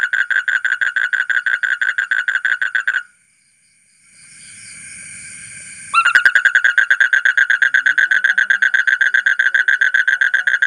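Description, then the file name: Asian common toad calling in a fast, even series of short pulses, pausing for about three seconds while a soft hiss rises, then resuming the rapid pulsed trill. "suara kodok bangkong kolong kodok buduk"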